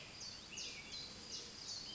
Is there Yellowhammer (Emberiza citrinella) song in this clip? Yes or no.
no